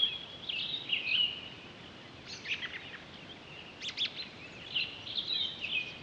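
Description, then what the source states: Townsend's solitaire song, high rambling warbled phrases with quick notes, coming in several bursts throughout, steady background hiss. Recorded 23 October 2011.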